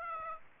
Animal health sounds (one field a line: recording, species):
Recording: mosquito wingbeat signal from an infrared sensor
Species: Aedes aegypti